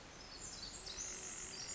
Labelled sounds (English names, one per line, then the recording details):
Pacific Wren
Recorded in Sonoma County, California